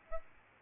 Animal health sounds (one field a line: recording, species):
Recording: mosquito wingbeat signal from an infrared sensor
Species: Aedes albopictus